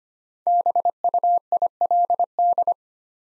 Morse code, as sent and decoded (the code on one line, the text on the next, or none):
-... ..- .. .-.. -..
BUILD